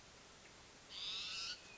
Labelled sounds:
Hermit Thrush
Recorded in Sonoma County, California

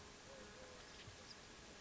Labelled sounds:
Eurasian Collared Dove
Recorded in Sonoma County, California

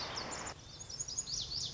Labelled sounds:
Lazuli Bunting
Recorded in Sonoma County, California

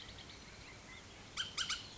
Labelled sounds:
Bullock's Oriole
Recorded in Sonoma County, California

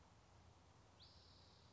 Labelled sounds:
Spotted Towhee
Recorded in Sonoma County, California

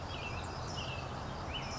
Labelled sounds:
American Robin
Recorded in Sonoma County, California

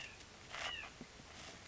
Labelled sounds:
White-breasted Nuthatch
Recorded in Sonoma County, California

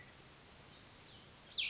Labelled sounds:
Cassin's Vireo
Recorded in Sonoma County, California

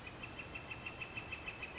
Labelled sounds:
Northern Flicker
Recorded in Sonoma County, California

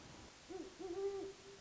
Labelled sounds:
Great Horned Owl
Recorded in Sonoma County, California

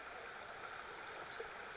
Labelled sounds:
Western Flycatcher
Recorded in Sonoma County, California

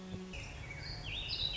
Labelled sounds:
Warbling Vireo
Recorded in Sonoma County, California

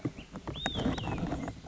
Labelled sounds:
Olive-sided Flycatcher
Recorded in Sonoma County, California

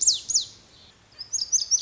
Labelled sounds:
Lazuli Bunting
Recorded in Sonoma County, California

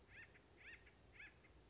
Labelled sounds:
Acorn Woodpecker
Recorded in Sonoma County, California

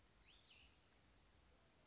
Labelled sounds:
Cassin's Vireo
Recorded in Sonoma County, California

